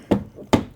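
A magnetic backup camera is brought to the rear of a vehicle and snaps onto the metal body. A softer knock at 0.1 s is followed by a sharp clack at 0.5 s as the camera seats firmly in place.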